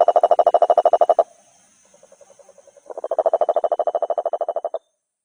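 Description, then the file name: Cururu toad giving two rapid pulsed croaking trains, the second rising in loudness, separated by a stretch of soft, faint pulses. "Rhinella schneideri"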